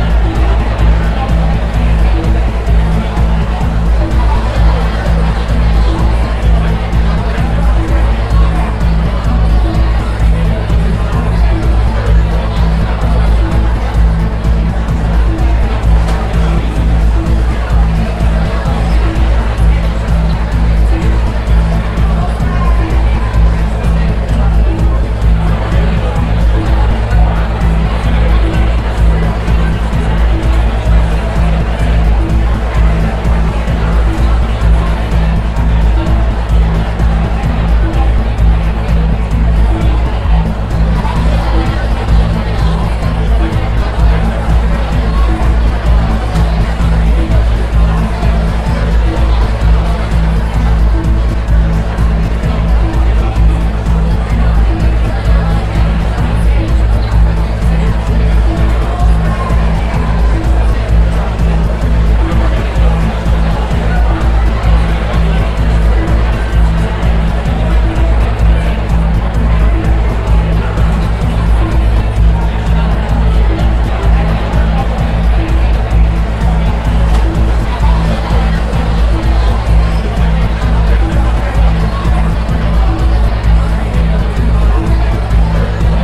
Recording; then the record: background sound without coughing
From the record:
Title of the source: Party Noise 1 Hour Party Ambience